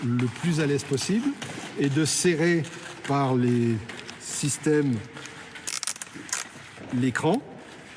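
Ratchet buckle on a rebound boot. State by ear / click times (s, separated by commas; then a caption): not seated / none. Someone talks while the ratchet buckle on a Kangoo Jump rebound boot is handled, the boot being closed like a ski boot by tightening the buckle systems notch by notch. A few brief sharp sounds occur between about 5.3 and 6.3 seconds, but nothing has clicked or locked yet by the end of the clip.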